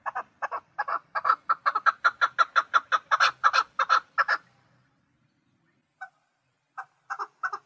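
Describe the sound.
Partridge delivering a long run of sharp, rhythmic chucks in quick succession, then falling silent apart from a few scattered notes near the end.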